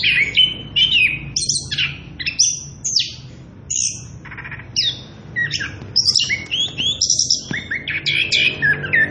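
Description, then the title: Orange-headed thrush song, a rapid rolling stream of varied whistles, slurred notes and chirps sweeping high and low, with brief pauses between phrases. Energetic rolling song at loud volume, used as a lure and as a training recording for tutoring young birds (trotolan). "Anis Kembang Gacor. pancingan anis kembang ngerol edan volume dasyattt cocok buat masteran trotolan"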